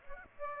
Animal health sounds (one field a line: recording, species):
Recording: mosquito wingbeat signal from an infrared sensor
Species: Aedes aegypti